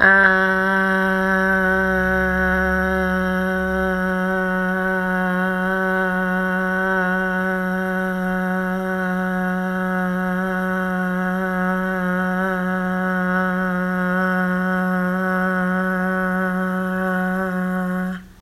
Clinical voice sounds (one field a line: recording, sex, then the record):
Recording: sustained vowel /a/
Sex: female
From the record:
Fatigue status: no fatigue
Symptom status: asymptomatic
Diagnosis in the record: COVID-19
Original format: m4a